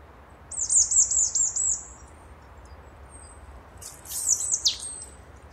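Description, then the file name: Marsh tit calling: a quick run of high, rippling slurred notes, then after a pause a further burst of high notes ending in a sharp downward-sliding call. "Poecile palustris"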